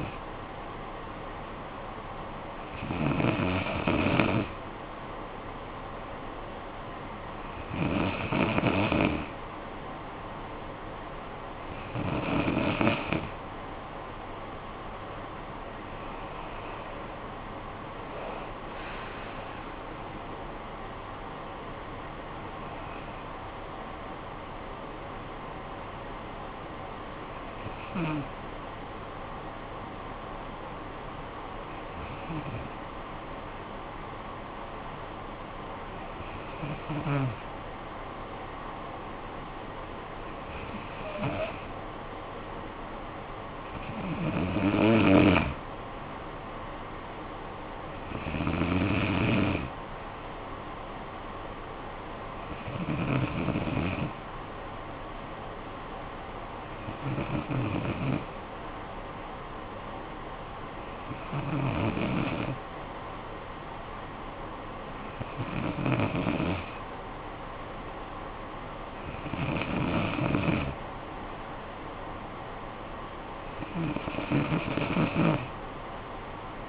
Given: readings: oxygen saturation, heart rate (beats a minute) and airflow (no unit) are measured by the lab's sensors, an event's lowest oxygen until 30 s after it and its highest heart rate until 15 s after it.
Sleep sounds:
breathing in sleep by a voice recorder at the bedside; none
none scored
From the record:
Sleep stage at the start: N2 (light sleep); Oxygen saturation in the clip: 93 to 95%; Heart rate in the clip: 53 to 77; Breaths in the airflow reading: 18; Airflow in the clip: -15.4 to 11.8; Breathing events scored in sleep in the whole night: 445 in 7.6 hours asleep

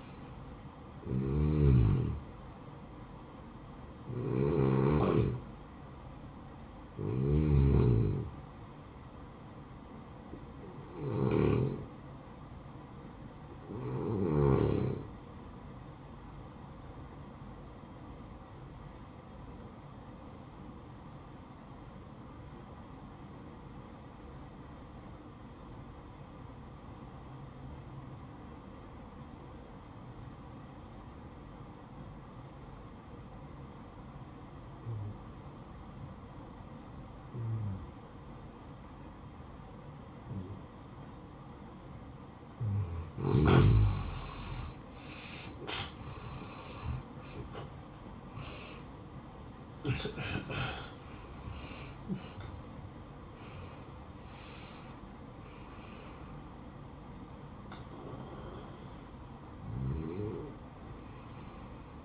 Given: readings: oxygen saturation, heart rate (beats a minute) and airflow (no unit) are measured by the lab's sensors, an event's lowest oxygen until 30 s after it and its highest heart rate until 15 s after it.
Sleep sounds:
breathing in sleep by a smartphone at the bedside; 1
17.00-44.60 s: obstructive apnea (N1, oxygen 95% highest, then 83% lowest, heart rate 62 at the start, 78 highest)
From the record:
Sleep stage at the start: N1 (lightest sleep); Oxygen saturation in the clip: 83 to 95%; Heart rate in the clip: 61 to 78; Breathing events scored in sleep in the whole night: 573 in 9.8 hours asleep

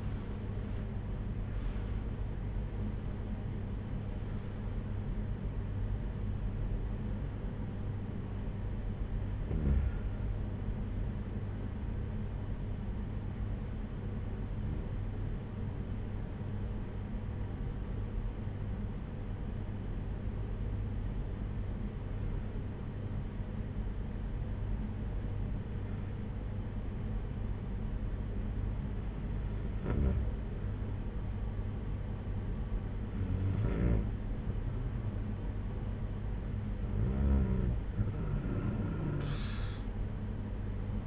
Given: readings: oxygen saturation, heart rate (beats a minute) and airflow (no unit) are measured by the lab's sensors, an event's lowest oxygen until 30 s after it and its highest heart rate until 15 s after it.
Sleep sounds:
breathing in sleep by a smartphone at the bedside; 1
10.00-33.80 s: hypopnea (N1, oxygen 96% highest, then 92% lowest, heart rate 63 at the start, 63 highest)
From the record:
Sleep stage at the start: N1 (lightest sleep); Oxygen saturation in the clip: 92 to 96%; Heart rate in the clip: 56 to 72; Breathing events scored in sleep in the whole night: 226 in 8.8 hours asleep

